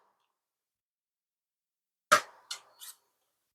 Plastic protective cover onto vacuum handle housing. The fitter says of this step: And we're going to snap the cover, the protective cover back into place.